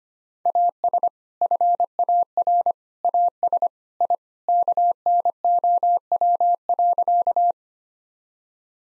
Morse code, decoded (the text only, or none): AS FAR AS I KNOW.